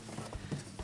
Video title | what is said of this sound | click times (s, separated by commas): SUPORTE da PORTA do CONGELADOR ELECTROLUX #POV | vagarinho olha fez o clique | 0.8 s